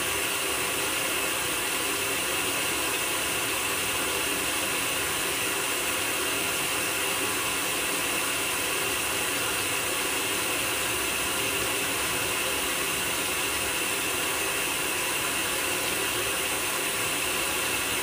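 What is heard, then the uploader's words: A washing machine runs steadily for the whole stretch, a dense, unchanging mechanical whir with a bright, hissy top. A fine ratcheting rattle sits inside the drone, with a faint low rumble underneath and no pauses or changes in level. ASMR washing machine sounds (no talking).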